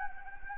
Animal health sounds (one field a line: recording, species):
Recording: mosquito wingbeat signal from an infrared sensor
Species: Anopheles gambiae